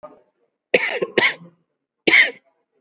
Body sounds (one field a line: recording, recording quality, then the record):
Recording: shallow voluntary cough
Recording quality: excellent, no background noise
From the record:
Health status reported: COVID-19 positive, mild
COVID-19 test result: positive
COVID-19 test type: RT-PCR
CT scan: not taken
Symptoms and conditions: sore throat, fever, fatigue, muscle pain, diarrhoea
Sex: male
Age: 38 years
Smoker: yes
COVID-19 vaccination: both doses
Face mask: not worn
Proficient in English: yes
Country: India